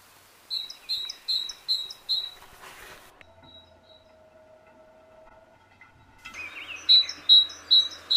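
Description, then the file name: Great tit calls: five clear high notes in quick succession, a few seconds of quiet, then further high notes. "Parus major"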